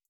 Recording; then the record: hydrophone in a shrimp aquaculture tank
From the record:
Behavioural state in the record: starved